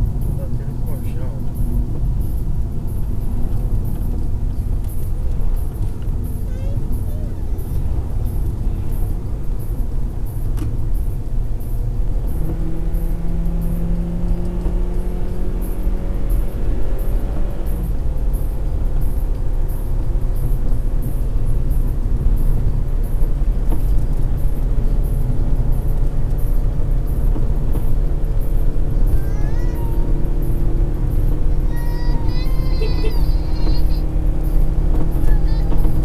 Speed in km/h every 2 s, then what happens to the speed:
66, 66, 70, 72, 74, 77, 82, 88, 94, 97, 100, 102, 104, 106, 107, 109, 111, 114.
0-36 speeds up to 114.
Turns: none.